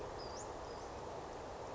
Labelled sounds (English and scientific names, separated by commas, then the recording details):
Western Flycatcher (Empidonax difficilis)
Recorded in Sonoma County, California